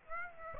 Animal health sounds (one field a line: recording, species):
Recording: mosquito wingbeat signal from an infrared sensor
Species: Aedes aegypti